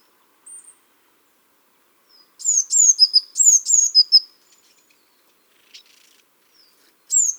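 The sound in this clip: Eurasian blue tit giving high, thin, falling notes ending in a short buzzy trill, with a few faint chips between phrases.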